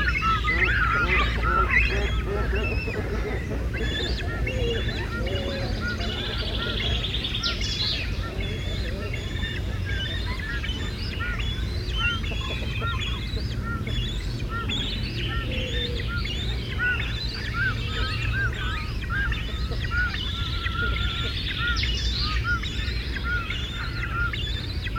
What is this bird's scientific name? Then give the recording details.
Phalacrocorax carbo. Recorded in the wild. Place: Niederhof, Insel Rügen, Mecklenburg-Vorpommern, DE. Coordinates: 54.255, 13.193. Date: 1970-06-05. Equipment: Nagra III BH, Sennheiser MD 21, parabola. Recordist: Schubert, Michael. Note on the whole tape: Bei Niederhof Krs. Stralsund, Kormoran-Kolonie: Kormorane, alte und junge an und in den Nestern (Refl. m. MD 121)